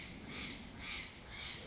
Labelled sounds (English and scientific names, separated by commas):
Steller's Jay (Cyanocitta stelleri)